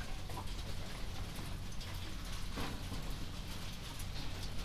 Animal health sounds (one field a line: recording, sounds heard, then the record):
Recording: poultry house recording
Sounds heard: healthy chickens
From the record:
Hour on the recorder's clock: 22